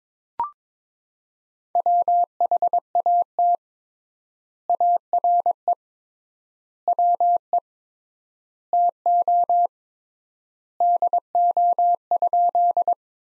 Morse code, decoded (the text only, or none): WHAT ARE WE TO DO?